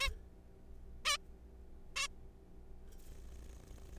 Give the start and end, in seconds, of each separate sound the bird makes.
0.01-0.09, 1.05-1.17, 1.96-2.07